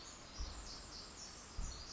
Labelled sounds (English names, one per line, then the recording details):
Pacific Wren
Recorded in Sonoma County, California